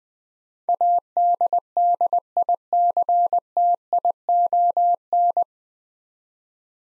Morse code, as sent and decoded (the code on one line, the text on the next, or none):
.- -.. -.. .. -.-. - .. --- -.
ADDICTION